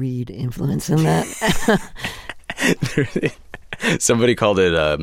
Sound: laughter

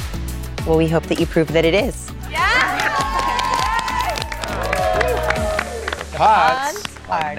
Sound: cheering

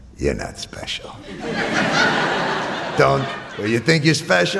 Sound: soundbite of laughter

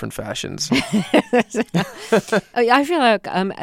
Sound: laughter

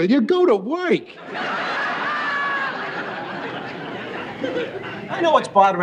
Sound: laughter

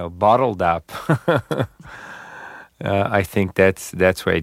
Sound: laughs

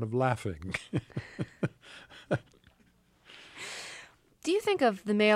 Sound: laughter

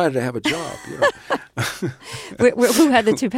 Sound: laughter

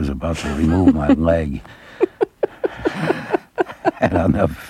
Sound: soundbite of laughter

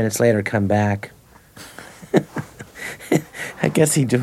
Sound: laughter

